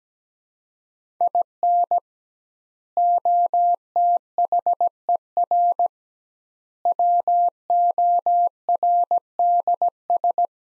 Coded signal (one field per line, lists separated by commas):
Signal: Morse code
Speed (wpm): 17 wpm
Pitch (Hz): 700 Hz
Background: none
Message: IN OTHER WORDS